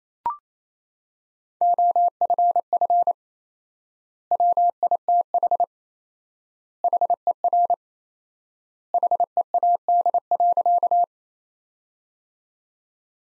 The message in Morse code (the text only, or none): OFF WITH HER HEAD.